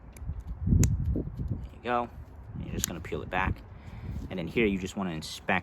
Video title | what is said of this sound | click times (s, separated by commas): How to rebuild Mercedes E55 AMG W211 Front Brembo brake caliper | you'll hear it snap into place like such there you | 0.8 s